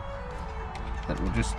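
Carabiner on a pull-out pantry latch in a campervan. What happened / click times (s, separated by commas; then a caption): The clip is being handled but has not seated yet / none. A small metal carabiner is handled at the latch under a pull-out pantry drawer in a campervan, meant to clip on and secure the drawer because weight is being put onto it. Someone talks over a steady low hum, with faint handling sounds near the end. Nothing has seated or clicked yet.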